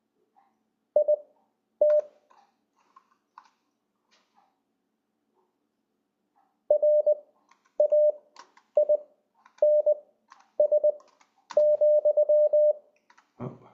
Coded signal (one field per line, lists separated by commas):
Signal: Morse code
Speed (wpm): 20 wpm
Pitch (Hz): 600 Hz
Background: none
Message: IT RAINS,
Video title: LCWO demo